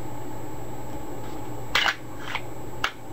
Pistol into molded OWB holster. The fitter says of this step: Glock in you can kind of hear it snap into place there holds it pretty securely